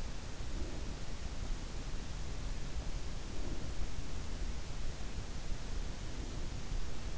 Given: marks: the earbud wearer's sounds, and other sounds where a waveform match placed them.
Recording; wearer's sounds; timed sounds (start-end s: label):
sounds in sleep by an in-ear microphone; breath
0.23-1.32 s: breath
3.12-4.03 s: breath
5.87-6.87 s: breath